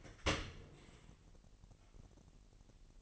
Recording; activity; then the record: daily activity, microphone in the room; open dishwasher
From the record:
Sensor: 4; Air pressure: 1001.5 hPa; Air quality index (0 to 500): 246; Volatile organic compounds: 40 ppm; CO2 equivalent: 3148 ppm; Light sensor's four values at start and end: 8/18/7/6 and 8/17/7/6